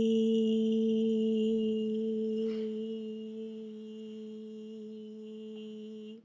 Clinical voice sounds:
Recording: sustained vowel /i/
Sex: female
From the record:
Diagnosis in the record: healthy control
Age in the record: 60 years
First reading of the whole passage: 59 s, 7.9 characters per second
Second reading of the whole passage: 55 s, 8.5 characters per second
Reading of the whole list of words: 44 s, 6.4 characters per second

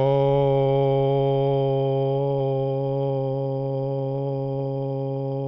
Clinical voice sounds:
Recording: sustained vowel /o/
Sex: male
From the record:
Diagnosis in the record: Parkinson's disease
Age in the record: 70 years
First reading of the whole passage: 68 s, 7.6 characters per second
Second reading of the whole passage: 61 s, 8.4 characters per second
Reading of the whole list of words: 64 s, 4.4 characters per second

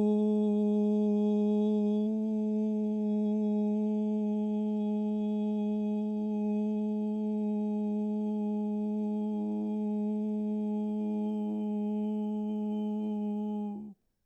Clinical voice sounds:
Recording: sustained vowel /u/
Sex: male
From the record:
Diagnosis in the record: Parkinson's disease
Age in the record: 71 years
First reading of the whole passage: 60 s, 8.7 characters per second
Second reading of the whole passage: 57 s, 9.1 characters per second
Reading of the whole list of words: 54 s, 5.3 characters per second

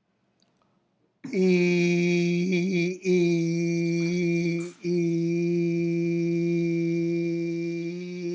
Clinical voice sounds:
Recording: sustained vowel /i/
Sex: male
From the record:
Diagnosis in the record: healthy control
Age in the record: 70 years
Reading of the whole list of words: 64 s, 3.8 characters per second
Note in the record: marked for poor recording quality or reading difficulty

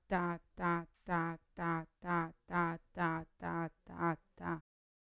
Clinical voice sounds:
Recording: repeated syllable /ta/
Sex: female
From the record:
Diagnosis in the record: Parkinson's disease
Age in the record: 40 years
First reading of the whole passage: 61 s, 7.8 characters per second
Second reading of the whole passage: 52 s, 9.9 characters per second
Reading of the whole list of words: 55 s, 5.1 characters per second

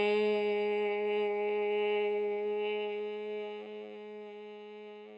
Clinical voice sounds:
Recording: sustained vowel /e/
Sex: female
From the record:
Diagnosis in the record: healthy control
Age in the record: 61 years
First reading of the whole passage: 67 s, 7.7 characters per second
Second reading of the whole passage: 54 s, 9.6 characters per second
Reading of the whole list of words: 44 s, 6.4 characters per second

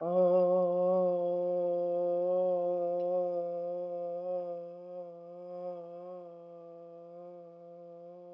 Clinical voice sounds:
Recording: sustained vowel /o/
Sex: female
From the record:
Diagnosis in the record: healthy control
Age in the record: 63 years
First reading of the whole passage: 70 s, 6.7 characters per second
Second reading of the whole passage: 71 s, 6.6 characters per second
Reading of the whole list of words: 45 s, 6.3 characters per second

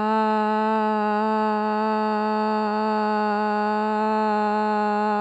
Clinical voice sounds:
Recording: sustained vowel /a/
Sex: female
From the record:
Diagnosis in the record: Parkinson's disease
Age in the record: 54 years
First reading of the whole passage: 55 s, 9.4 characters per second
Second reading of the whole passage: 50 s, 10.4 characters per second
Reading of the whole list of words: 55 s, 5.1 characters per second

